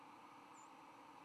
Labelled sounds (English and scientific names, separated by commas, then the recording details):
White-throated Sparrow (Zonotrichia albicollis) flight call
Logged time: 09:43 on 10 November 2014